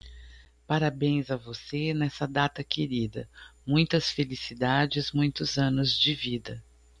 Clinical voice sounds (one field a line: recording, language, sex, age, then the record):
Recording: short text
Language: Brazilian Portuguese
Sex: female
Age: 60 to 69 years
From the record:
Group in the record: control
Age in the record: 62 years